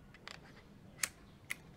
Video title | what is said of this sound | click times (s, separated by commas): รีวิว Zhiyun Crane M3 รีวิวใช้งานจริง | ล๊อคเรียบร้อยใช่ความแน่นแน่นเรียบร้อย | 1.0 s, 1.5 s